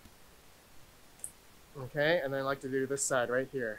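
A plastic push pin of a CPU cooler is pressed into a motherboard mounting hole, with a single sharp click at 1.2 s as it locks in and seats. Someone talks afterward.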